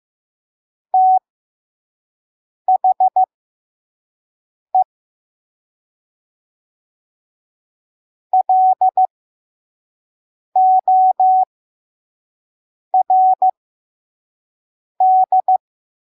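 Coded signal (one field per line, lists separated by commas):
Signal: Morse code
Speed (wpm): 15 wpm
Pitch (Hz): 750 Hz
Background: none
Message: THE LORD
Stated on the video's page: Slow 5 wpm Morse code of a Bible verse for head-copy practice.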